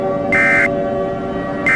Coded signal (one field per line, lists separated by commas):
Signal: Emergency Alert System (SAME) tones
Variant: end-of-message bursts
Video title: EAS scenario: scratchers in real life (part 2)